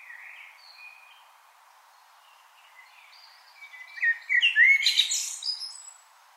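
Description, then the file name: Common blackbird song: faint warbled notes early, then a louder burst of fluty phrases ending in high squeaky twittering near five seconds, with a steady low background hiss. "Turdus merula"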